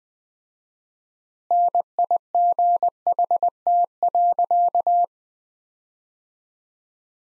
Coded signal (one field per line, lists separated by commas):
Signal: Morse code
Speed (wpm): 20 wpm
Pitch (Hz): 700 Hz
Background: none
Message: NIGHT.